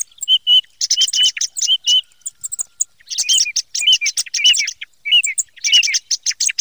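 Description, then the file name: Thrush song: clear whistled notes, some doubled, alternating with scratchy high twittering phrases in a lively, varied sequence. "tordo"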